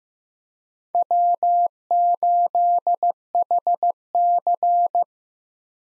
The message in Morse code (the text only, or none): W8HC